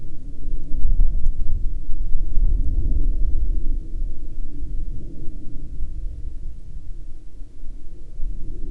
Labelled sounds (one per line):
wind
aircraft